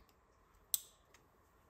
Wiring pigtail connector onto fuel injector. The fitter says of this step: that looks pretty good see if it clicks into place